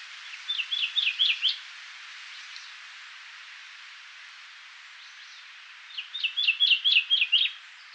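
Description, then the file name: Common chaffinch giving two short bursts of sharp, high, down-slurred notes separated by a pause of several seconds, each burst a rapid run of six to eight notes, over faint background hiss. "Fringilla coelebs"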